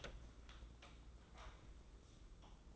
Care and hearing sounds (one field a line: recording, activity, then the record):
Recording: daily activity, microphone in the room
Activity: open door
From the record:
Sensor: 3